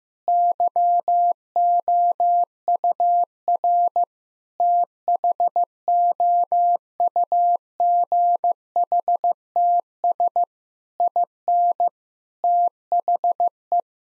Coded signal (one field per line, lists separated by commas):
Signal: Morse code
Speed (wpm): 15 wpm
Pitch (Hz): 700 Hz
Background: none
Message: YOUR THOUGHTS IN THE